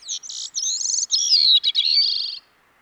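Bicknell's thrush song, a run of high, wiry, fluty notes that wobble and slur together, closing on a buzzy trilled phrase.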